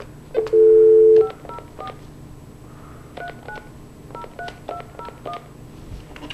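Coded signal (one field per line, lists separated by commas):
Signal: DTMF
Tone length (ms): 90 ms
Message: 504 39 03201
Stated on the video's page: DTMF from a Telular SX5e fixed GSM cellular terminal connecting standard desk or cordless phones to a GSM account.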